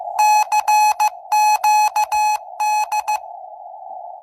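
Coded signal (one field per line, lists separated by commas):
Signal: Morse code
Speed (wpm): 15 wpm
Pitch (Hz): 850 Hz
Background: none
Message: CQD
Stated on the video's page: Search for the Titanic's CQD distress signal on a CW frequency, using a transmitting antenna near Halifax.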